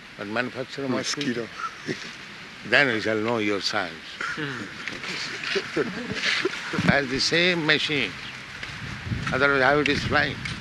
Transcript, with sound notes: but manufacture a mosquito, then we shall know your science. [laughter] ...the same machine. Otherwise how it is flying?